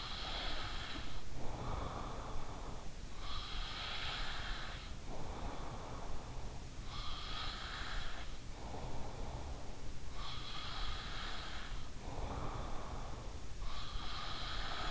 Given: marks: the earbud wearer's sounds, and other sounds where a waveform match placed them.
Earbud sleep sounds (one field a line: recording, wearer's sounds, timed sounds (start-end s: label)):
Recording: sounds in sleep by an in-ear microphone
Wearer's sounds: breath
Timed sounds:
0.00-14.91 s: breath